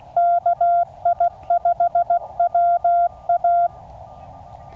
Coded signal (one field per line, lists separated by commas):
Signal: Morse code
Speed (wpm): 17 wpm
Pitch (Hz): 690 Hz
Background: none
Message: KI5WA